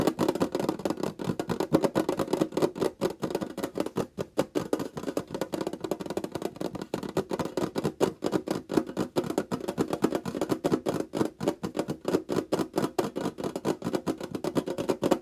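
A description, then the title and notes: Rapid tapping continues without pause for the whole stretch, dense and fairly even, with sharp clicks landing several times a second in a loose, uneven rhythm. The taps sound woody, centred in the low mids with a crisp edge. One minute of tapping~no talking.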